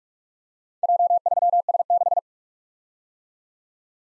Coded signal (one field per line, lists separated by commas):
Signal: Morse code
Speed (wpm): 46 wpm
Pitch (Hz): 700 Hz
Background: none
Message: J3S6